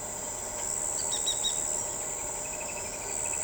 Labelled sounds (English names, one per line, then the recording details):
White-whiskered Spinetail
Straight-billed Woodcreeper
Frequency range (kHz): White-whiskered Spinetail 2.3-6.2 kHz
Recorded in shrubland near Pivijay, Magdalena, Colombia, on 15 April 2023 at 05:30
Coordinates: 10.453, -74.365
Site P5-G022